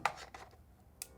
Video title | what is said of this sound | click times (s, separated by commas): Leica M10-D Unboxing and Overview | standard m10 battery snaps into place | 0.1 s